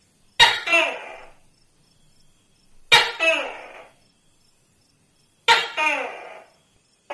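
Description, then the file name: Tokay gecko call: three emphatic two-note barks, a crisp click then a longer descending note, with a fourth just beginning at the end. "tieng tac ke keu"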